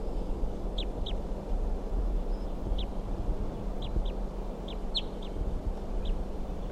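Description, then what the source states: Crossbill calls: a series of short, sharp notes given singly and in quick pairs over several seconds, above a steady low rumbling background. Calls from a caged bird and a wild female; the female chittered while perched, looking down at the caged bird; around 4:55 p.m.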